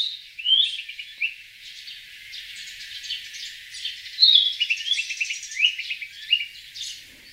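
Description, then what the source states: Narcissus flycatcher singing a lively series of clear whistled phrases mixed with quick chirps and trills. Recorded in Tokyo, Japan.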